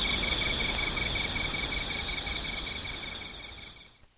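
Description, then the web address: Insect chorus of regular pulsed chirps and high shimmering trills, fading away over the last second. "cats nishikawa 201110 mushinokoi"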